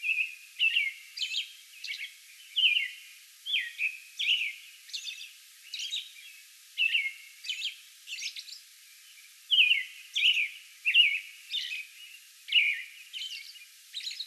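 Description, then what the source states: American robin song, a continuous series of short liquid whistled phrases with occasional thin high notes, evenly paced throughout with brief gaps. Song bout recorded May 11.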